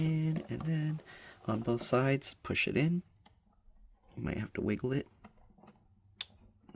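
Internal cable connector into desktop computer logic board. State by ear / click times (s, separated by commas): seated / 6.2 s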